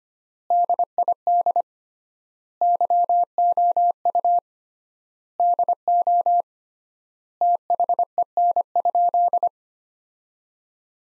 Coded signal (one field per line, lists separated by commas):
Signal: Morse code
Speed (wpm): 25 wpm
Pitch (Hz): 700 Hz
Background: none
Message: DID YOU DO THEN?